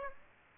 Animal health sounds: mosquito wingbeat signal from an infrared sensor; Aedes aegypti

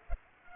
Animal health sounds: mosquito wingbeat signal from an infrared sensor; Culex pipiens

